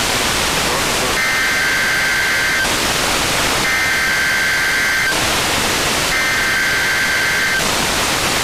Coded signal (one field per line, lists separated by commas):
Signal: Emergency Alert System (SAME) tones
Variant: header bursts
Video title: NWR Weekly Tests (11/23/22)(EAS 1292-1297)